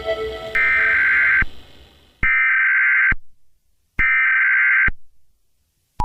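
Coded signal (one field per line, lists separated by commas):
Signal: Emergency Alert System (SAME) tones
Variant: header bursts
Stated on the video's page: Fictional EAS scenario, not a real alert.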